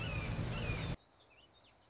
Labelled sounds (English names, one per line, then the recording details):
Red-shouldered Hawk
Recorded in Sonoma County, California